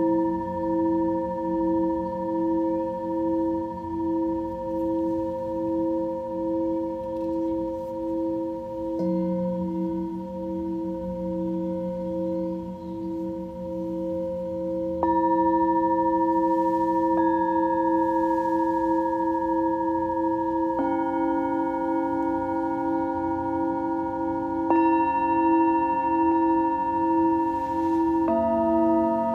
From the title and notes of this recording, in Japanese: メキシコから シンギングボウルのサウンドヒーリング ライブ。